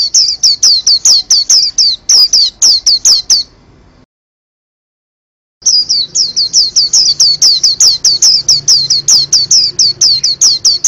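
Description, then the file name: White-eye song: high, piercing down-slurred chirps delivered in a fast series, a gap of silence, then a longer run of the same notes. "pleci"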